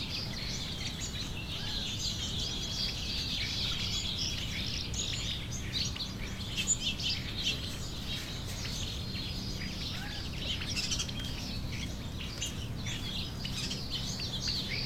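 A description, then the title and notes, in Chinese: Natural ambience beneath poplar trees in a woodland along the San Pedro River. A steady hiss of insects or rustling fills the upper range, with scattered bird chirps and calls throughout, and a soft low rumble underneath; a few brief calls stand out around six to ten seconds. 丛林里的白杨树下倾听自然的声音_美国圣得罗河河岸保护区。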